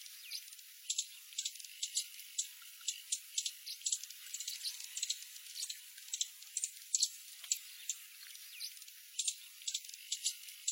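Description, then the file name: Horned sungem song as rapid, sharp high-pitched ticks and clicks repeated irregularly. "Canto do chifre de ouro"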